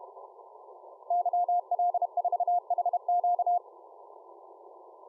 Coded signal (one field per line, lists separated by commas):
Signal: Morse code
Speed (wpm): 33 wpm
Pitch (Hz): 710 Hz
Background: radio noise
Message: YL4HQ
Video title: Morse Code Decoded using Sorcerer on HD SDR ~ 13/07/2019